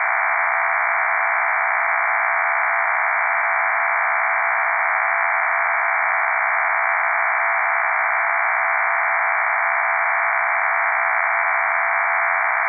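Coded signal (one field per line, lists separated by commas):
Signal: MT63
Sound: steady wide rushing hiss with a fine warbling texture, unbroken throughout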